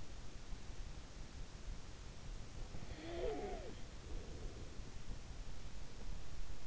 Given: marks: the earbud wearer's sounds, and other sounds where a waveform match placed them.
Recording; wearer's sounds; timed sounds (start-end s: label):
sounds in sleep by an in-ear microphone; snoring breath
2.61-4.78 s: snoring breath